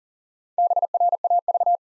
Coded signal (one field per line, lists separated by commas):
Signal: Morse code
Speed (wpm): 40 wpm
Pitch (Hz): 700 Hz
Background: none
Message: BRAV